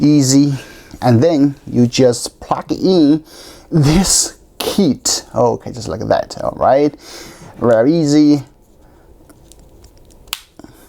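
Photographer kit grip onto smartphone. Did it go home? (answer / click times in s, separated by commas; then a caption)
yes / 10.3 s. The grip of a photographer kit is plugged onto a smartphone and its case while someone talks. After the talking stops, a few faint handling taps are followed by one sharp click at 10.3 s as the grip seats.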